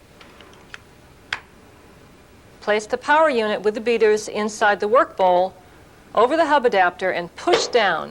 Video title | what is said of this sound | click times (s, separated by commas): [HTV-007] Cuisinart - How to use your Food Processor | now click the beaters in place inside the white power unit like this | 1.3 s